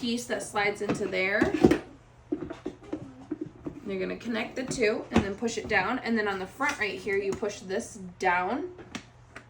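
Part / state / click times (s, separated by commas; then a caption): front latch on an electric grain mill housing / seated / 8.9 s. Someone talks while joining two plastic parts of a NutriMill Impact electric grain mill housing and pushing down the front latch. Faint short taps come at about 2.3 to 3.7 s, and the quiet latch click is heard at 9.0 s as it clicks into place, seated.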